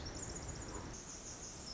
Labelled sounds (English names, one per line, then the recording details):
Pacific Wren
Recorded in Sonoma County, California